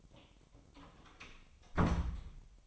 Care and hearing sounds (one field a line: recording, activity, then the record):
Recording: daily activity, microphone in the room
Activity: close door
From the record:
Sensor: 1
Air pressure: 1007.1 hPa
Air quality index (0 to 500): 202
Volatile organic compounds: 21 ppm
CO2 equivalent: 2733 ppm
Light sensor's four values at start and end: 13/33/13/15 and 12/31/13/14